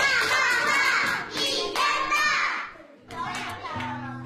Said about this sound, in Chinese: 他跳了一圈，看到没有？好，掌声鼓励。